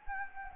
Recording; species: mosquito wingbeat signal from an infrared sensor; Anopheles gambiae